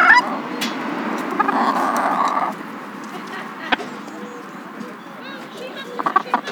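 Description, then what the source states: Chicken squawk: one harsh, broad, drawn-out cry lasting about a second, followed by quieter scattered clucks and clicks over a steady low background hum. Several chickens.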